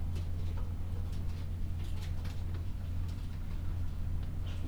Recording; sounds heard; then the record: poultry house recording; sick chickens (respiratory disease)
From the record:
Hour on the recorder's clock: 12